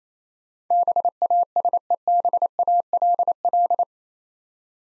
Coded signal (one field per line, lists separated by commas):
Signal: Morse code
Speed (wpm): 28 wpm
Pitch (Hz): 700 Hz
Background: none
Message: BASEBALL